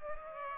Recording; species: mosquito wingbeat signal from an infrared sensor; Aedes aegypti